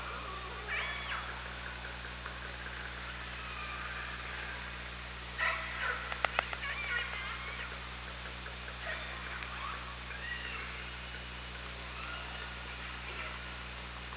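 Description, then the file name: Orca: a few harmonic calls, with a brief burst of sharp clicks midway, over constant low hum and hiss. Hydrophone, 24 August 2017 at about 18:34. "Orca Lab"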